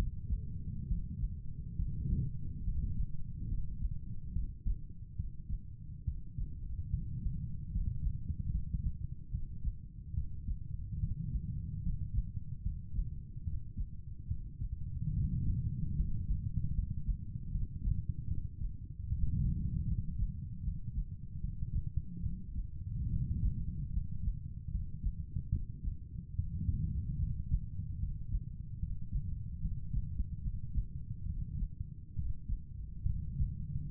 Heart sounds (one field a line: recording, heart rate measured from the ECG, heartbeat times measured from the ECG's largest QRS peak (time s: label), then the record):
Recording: heart sounds by stethoscope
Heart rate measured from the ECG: 73 bpm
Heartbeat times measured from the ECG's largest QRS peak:
0.87 s: heartbeat
1.76 s: heartbeat
2.64 s: heartbeat
3.48 s: heartbeat
4.33 s: heartbeat
5.16 s: heartbeat
6.04 s: heartbeat
6.90 s: heartbeat
7.71 s: heartbeat
8.51 s: heartbeat
9.31 s: heartbeat
10.14 s: heartbeat
10.99 s: heartbeat
11.82 s: heartbeat
12.62 s: heartbeat
13.44 s: heartbeat
14.27 s: heartbeat
15.13 s: heartbeat
15.96 s: heartbeat
16.74 s: heartbeat
17.51 s: heartbeat
18.27 s: heartbeat
19.08 s: heartbeat
19.87 s: heartbeat
20.63 s: heartbeat
21.40 s: heartbeat
22.22 s: heartbeat
23.10 s: heartbeat
23.92 s: heartbeat
24.70 s: heartbeat
25.51 s: heartbeat
26.36 s: heartbeat
27.19 s: heartbeat
27.99 s: heartbeat
28.79 s: heartbeat
29.61 s: heartbeat
30.42 s: heartbeat
31.26 s: heartbeat
32.15 s: heartbeat
33.06 s: heartbeat
From the record:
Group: healthy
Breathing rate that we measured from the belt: 16 breaths a minute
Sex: male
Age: 35 years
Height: 178 cm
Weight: 64 kg